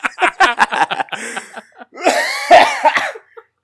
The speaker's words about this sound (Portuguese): Caralho, eu paro de fumar, mas a tosse não sai, é só rir que vem a tosse.